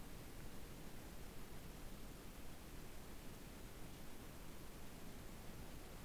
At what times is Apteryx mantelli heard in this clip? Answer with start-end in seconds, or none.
none